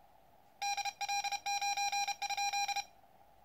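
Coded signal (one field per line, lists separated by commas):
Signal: Morse code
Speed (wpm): 30 wpm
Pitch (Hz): 810 Hz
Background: none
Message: DL9?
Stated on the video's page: Morse from first QSOs on a freshly built and aligned QCX Mini transceiver.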